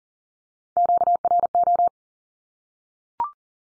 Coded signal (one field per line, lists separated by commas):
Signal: Morse code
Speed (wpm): 40 wpm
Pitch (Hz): 700 Hz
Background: none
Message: QRO